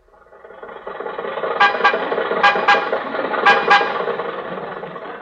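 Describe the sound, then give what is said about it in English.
Jack Benny's old Maxwell car's engine rumbles and rattles steadily as it drives toward Hollywood, while its horn sounds three quick double honks at regular intervals, each pair loud and brassy above the motor noise. “Well, anyway, after a long argument, we got in the car and started toward Hollywood.”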